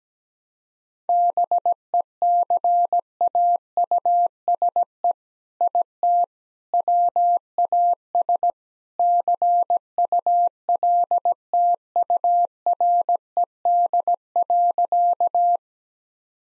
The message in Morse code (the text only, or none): BECAUSE IT WAS CULTURED.